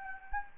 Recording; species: mosquito wingbeat signal from an infrared sensor; Anopheles gambiae